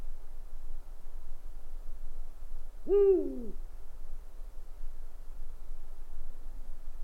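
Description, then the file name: Owl hooting once midway, a brief rich tone that sags downward at its close, with quiet background rumble. "gufo"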